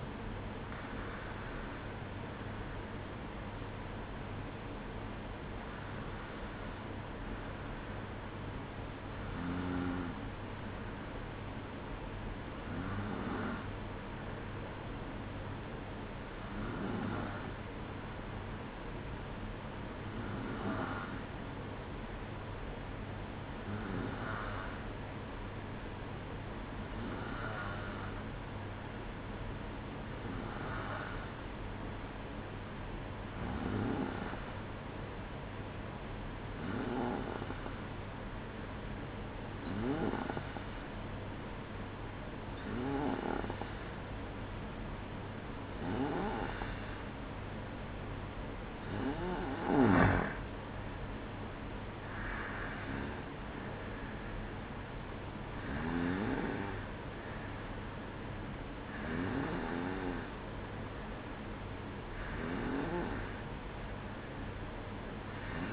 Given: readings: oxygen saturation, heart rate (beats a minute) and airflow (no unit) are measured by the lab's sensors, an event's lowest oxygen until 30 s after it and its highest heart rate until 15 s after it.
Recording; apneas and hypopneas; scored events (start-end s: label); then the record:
breathing in sleep by a voice recorder at the bedside; 1
4.00-31.60 s: hypopnea (N1, oxygen 96% highest, then 92% lowest, heart rate 59 at the start, 63 highest)
From the record:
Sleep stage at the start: N1 (lightest sleep); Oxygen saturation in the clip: 92 to 96%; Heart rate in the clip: 58 to 63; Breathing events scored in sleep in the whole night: 305 in 9.6 hours asleep